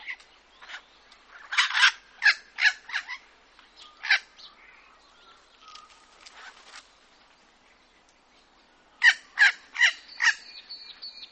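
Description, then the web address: Red wattlebird giving harsh, coughing barks in a quick series, a pause, then another series and a thin whistled note. "Red wattle bird"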